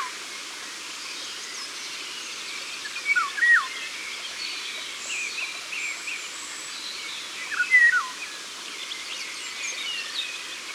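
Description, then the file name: Eurasian golden oriole giving two liquid whistled phrases about four seconds apart, each falling at the end, with faint twittering of other birds throughout. Ardèche, France. "Loriot-d Europe-Concerts-Naturels-De-l Ardeche"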